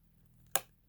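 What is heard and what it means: A generic plastic hose is pushed hard onto the hose connection of a cordless Dyson Cinetic Big Ball (UP14) vacuum after several failed tries, since it needs a really hard push to click on. After a quiet stretch, a single sharp, loud click sounds at 0.6 s and fades quickly. The hose is seated on the vacuum's hose port.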